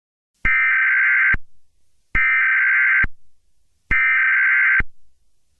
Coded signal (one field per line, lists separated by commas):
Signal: Emergency Alert System (SAME) tones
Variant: header bursts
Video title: EAS Scenario 5 - Zombie Apocalypse (SUPERCUT)